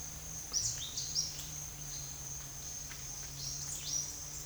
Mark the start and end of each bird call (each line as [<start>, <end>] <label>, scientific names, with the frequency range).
[0.31, 4.03] Ramphocelus carbo (2.3-10.4 kHz)